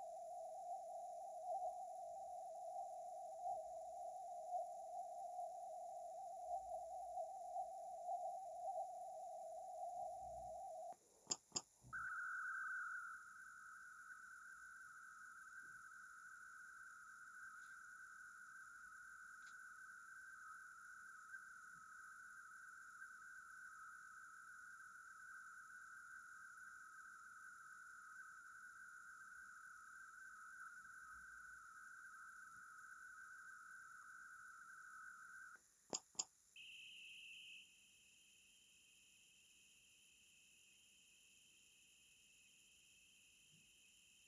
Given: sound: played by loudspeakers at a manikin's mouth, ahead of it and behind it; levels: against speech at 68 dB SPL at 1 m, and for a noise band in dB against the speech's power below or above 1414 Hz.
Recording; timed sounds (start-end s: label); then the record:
test signals for a remote microphone
0.00-10.92 s: noise band at 707 Hz, as loud as that band is in speech
11.30 s: click
11.55 s: click
11.92-35.55 s: noise band at 1414 Hz, as loud as that band is in speech
35.93 s: click
36.18 s: click
36.55-44.28 s: noise band at 2828 Hz, as loud as that band is in speech
From the record:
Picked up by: remote microphone A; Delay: 47 ms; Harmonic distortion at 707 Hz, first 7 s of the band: under -40 dB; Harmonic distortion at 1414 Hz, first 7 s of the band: under -37 dB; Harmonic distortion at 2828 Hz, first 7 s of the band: under -16 dB (system noise only)